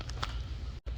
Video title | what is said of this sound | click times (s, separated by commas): 2021 audi sq7/8 rsq8 oil change | with this and then this whole thing will just this whole section just pops right off | 0.2 s